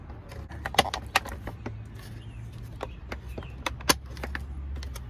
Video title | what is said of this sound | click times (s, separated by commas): 4runner Headunit Upgrade - Wireless CarPlay! | shove this in place. Snaps | 1.2 s, 3.7 s